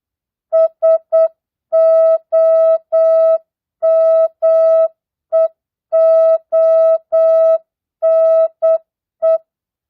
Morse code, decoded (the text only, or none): SOMEONE